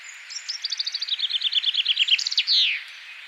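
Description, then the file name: Common chaffinch song, a rattling run of quick notes that drop in pitch, finishing with a bright downward-swooping flourish. "Fringilla coelebs"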